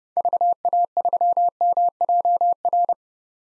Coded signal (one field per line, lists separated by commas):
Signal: Morse code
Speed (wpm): 30 wpm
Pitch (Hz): 700 Hz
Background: none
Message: VA3MJR